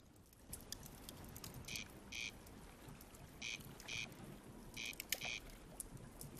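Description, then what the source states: Corncrake call: dry, rasping double notes, crex-crex, given three times over about four seconds against a soft background hiss. Heard at dusk from a campsite by the river Shannon at the meadows near Clonmacnoise, Ireland; now rare there, once common in fields all over Ireland.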